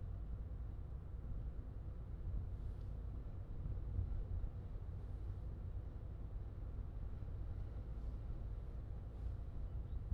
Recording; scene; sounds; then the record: everyday scene through a hearing-aid microphone; in a vehicle; engine, traffic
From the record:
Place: Skoda Fabia, gasoline engine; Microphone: in the ear canal, left